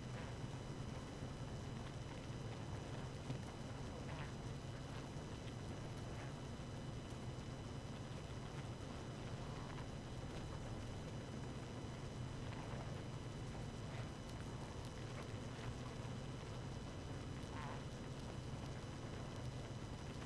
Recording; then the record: honeybee colony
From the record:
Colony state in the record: active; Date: 12 June 2018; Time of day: 0:29